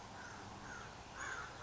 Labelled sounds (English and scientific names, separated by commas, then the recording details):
American Crow (Corvus brachyrhynchos)
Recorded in Sonoma County, California